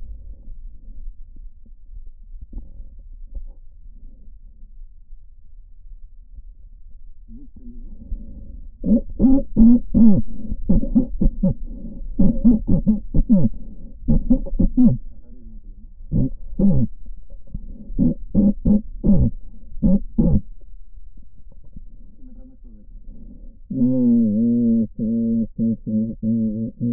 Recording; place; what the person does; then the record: lung sounds by stethoscope; right posterior apical chest; quiet breathing, then cough and speech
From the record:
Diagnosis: pulmonary infection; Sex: male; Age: 86 years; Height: 165 cm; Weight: 65 kg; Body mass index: 23.9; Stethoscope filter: diaphragm mode